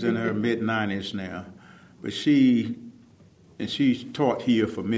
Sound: none

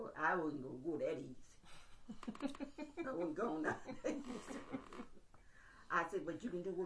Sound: laughter

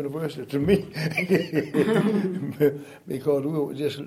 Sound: laughter

